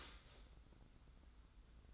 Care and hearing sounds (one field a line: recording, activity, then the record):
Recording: daily activity, microphone in the room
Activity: start toaster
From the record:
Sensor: 3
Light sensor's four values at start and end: 41/97/39/37 and 41/97/39/37